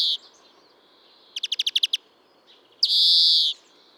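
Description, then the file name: European greenfinch: a brief call, then a burst of about eight rapid twittering notes, then a long, drawn-out wheezy buzz lasting under a second. "Chloris chloris"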